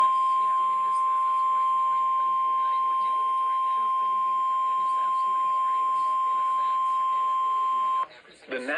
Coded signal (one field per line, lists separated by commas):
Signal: Emergency Alert System (SAME) tones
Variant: 1050 Hz attention tone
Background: speech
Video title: Severe T’Storm Warning (EAS #687) 4/2/25